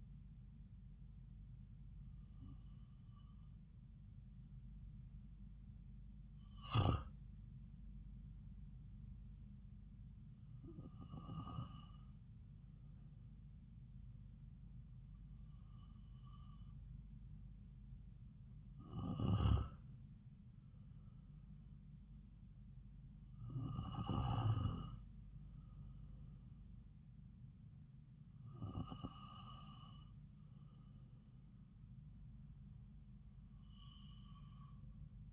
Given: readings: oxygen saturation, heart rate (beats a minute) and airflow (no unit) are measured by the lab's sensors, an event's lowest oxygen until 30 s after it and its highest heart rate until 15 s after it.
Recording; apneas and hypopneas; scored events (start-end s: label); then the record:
breathing in sleep by a smartphone at the bedside; none
18.00-35.33 s: new sleep stage, REM sleep
From the record:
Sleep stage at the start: N2 (light sleep); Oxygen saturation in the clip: 92 to 96%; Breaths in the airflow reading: 7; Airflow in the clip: -3.1 to 3.4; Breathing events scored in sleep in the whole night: 270 in 6.1 hours asleep